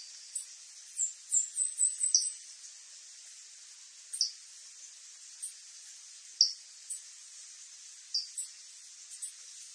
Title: LuckyPassaro Completos2Sama. Sao Francisco Sparrow (Arremon franciscanus)